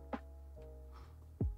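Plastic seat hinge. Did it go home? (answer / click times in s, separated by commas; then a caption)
no / none. A quick-release toilet seat, made to clip on and off for cleaning, is handled over its hinge mounts with music playing underneath. Two short knocks are heard at about 0.1 s and 1.4 s. Nothing has seated or clicked into place yet.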